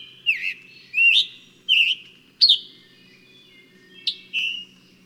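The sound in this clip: Bird singing clear whistled phrases of bright slurred notes, six bursts with a pause midway, over a faint low background hum.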